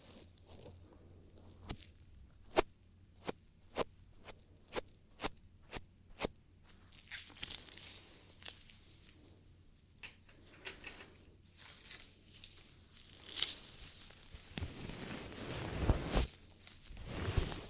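Ear cleaning sounds begin with a run of sharp, evenly spaced clicks or taps, about two per second, over a faint low hum. After that come softer brushing and crackling bursts, irregular and bright, building into a louder, rougher rubbing near the end.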